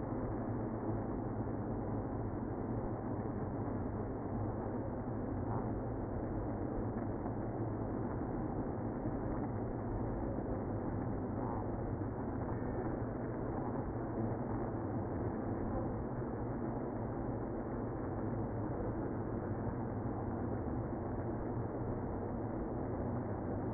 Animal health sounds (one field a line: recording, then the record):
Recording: honeybee colony, microphone inside the hive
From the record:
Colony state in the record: queenless (queen removed)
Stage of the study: after two queens were removed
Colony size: about 60,000 bees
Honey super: yes